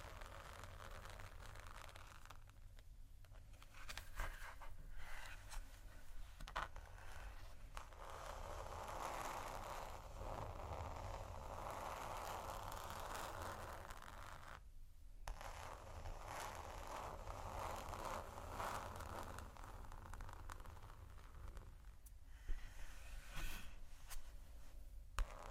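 Slow scratching and tapping on textured surfaces, with soft rasping strokes that come and go across the whole clip. The sound thickens after about four seconds, with brief pauses near 15 and 22 seconds, over a steady low rumble underneath.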